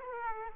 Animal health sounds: mosquito wingbeat signal from an infrared sensor; Aedes aegypti

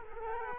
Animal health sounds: mosquito wingbeat signal from an infrared sensor; Culex quinquefasciatus

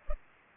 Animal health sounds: mosquito wingbeat signal from an infrared sensor; Culex pipiens

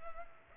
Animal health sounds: mosquito wingbeat signal from an infrared sensor; Culex pipiens

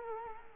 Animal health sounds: mosquito wingbeat signal from an infrared sensor; Culex quinquefasciatus

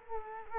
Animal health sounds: mosquito wingbeat signal from an infrared sensor; Culex quinquefasciatus

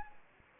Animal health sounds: mosquito wingbeat signal from an infrared sensor; Anopheles gambiae

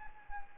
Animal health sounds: mosquito wingbeat signal from an infrared sensor; Anopheles arabiensis

